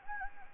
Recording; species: mosquito wingbeat signal from an infrared sensor; Anopheles gambiae